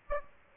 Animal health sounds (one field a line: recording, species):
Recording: mosquito wingbeat signal from an infrared sensor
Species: Aedes aegypti